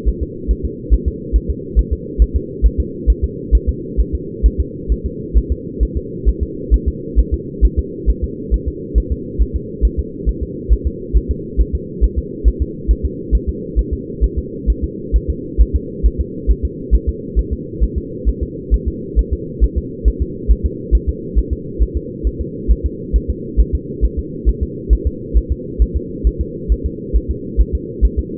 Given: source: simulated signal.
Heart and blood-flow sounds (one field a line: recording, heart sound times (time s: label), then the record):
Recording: fetal heart sounds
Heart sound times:
0.08 s: S1
0.23 s: S2
0.51 s: S1
0.65 s: S2
0.94 s: S1
1.08 s: S2
1.36 s: S1
1.50 s: S2
1.79 s: S1
1.93 s: S2
2.22 s: S1
2.36 s: S2
2.66 s: S1
2.80 s: S2
3.10 s: S1
3.24 s: S2
3.55 s: S1
3.69 s: S2
4.00 s: S1
4.15 s: S2
4.46 s: S1
4.60 s: S2
4.92 s: S1
5.06 s: S2
5.38 s: S1
5.52 s: S2
5.83 s: S1
5.97 s: S2
6.28 s: S1
6.43 s: S2
6.74 s: S1
6.88 s: S2
7.19 s: S1
7.34 s: S2
7.65 s: S1
7.79 s: S2
8.10 s: S1
8.24 s: S2
8.54 s: S1
8.68 s: S2
8.98 s: S1
9.12 s: S2
9.42 s: S1
9.56 s: S2
9.85 s: S1
9.99 s: S2
10.29 s: S1
10.43 s: S2
10.73 s: S1
10.87 s: S2
11.17 s: S1
11.31 s: S2
11.61 s: S1
11.75 s: S2
12.04 s: S1
12.18 s: S2
12.48 s: S1
12.62 s: S2
12.91 s: S1
13.05 s: S2
13.35 s: S1
13.49 s: S2
13.79 s: S1
13.93 s: S2
14.24 s: S1
14.39 s: S2
14.70 s: S1
14.84 s: S2
15.16 s: S1
15.30 s: S2
15.61 s: S1
15.76 s: S2
16.06 s: S1
16.20 s: S2
16.51 s: S1
16.65 s: S2
16.95 s: S1
17.09 s: S2
17.39 s: S1
17.53 s: S2
17.83 s: S1
17.98 s: S2
18.29 s: S1
18.43 s: S2
18.74 s: S1
18.88 s: S2
19.19 s: S1
19.33 s: S2
19.64 s: S1
19.78 s: S2
20.08 s: S1
20.22 s: S2
20.51 s: S1
20.66 s: S2
20.95 s: S1
21.09 s: S2
21.38 s: S1
21.53 s: S2
21.82 s: S1
21.97 s: S2
22.27 s: S1
22.41 s: S2
22.71 s: S1
22.86 s: S2
23.16 s: S1
23.30 s: S2
23.60 s: S1
23.75 s: S2
24.05 s: S1
24.19 s: S2
24.49 s: S1
24.63 s: S2
24.93 s: S1
25.07 s: S2
25.37 s: S1
25.52 s: S2
25.82 s: S1
25.96 s: S2
26.27 s: S1
26.41 s: S2
26.72 s: S1
26.86 s: S2
27.16 s: S1
27.31 s: S2
27.61 s: S1
27.75 s: S2
28.05 s: S1
28.19 s: S2
From the record:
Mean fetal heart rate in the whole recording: 135 bpm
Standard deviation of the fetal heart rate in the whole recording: 3 bpm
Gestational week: 34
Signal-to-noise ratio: -4.1 dB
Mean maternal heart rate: no maternal heart sound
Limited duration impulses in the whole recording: absent